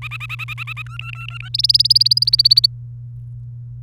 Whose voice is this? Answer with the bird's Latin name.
Serinus canaria